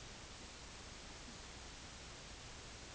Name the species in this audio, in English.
none